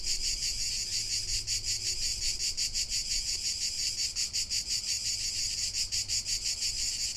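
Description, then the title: Cicada buzzing, a shrill steady sound that throbs in distinct fast beats. Cicada song in Provence. "Méditer en Provence avec le Chant des cigales"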